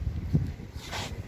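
The ignition key of a TVS Jupiter BS6 scooter is pushed in and turned to the right in the ignition lock. This releases the seat latch with a short click at 0.35 s, against low background rumble. The seat lock is released.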